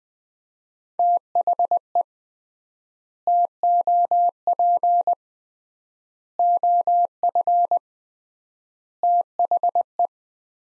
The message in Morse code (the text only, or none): THE TOP OF THE